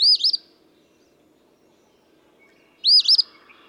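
Eastern phoebe song: two raspy, buzzy two-part phrases, each a burst followed by a stuttering end, separated by a few seconds of quiet.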